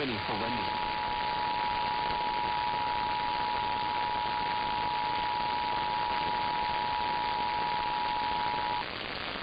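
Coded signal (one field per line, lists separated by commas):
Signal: Emergency Alert System (SAME) tones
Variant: 853 and 960 Hz attention tone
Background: speech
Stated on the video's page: EAS alerts for California flooding and storms.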